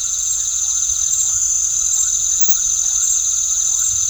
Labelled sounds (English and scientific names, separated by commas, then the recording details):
none
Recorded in pastures near Puerto Asís, Putumayo, Colombia, on 4 March 2025 at 19:00
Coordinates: 0.497, -76.327
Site G072